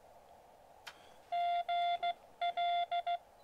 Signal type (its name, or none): Morse code